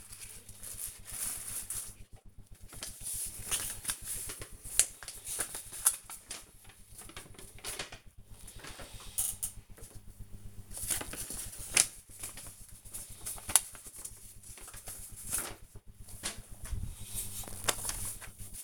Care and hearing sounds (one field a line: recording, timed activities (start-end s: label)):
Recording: household activities, microphone on the right wrist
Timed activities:
0.00-18.64 s: tidy up the cupboard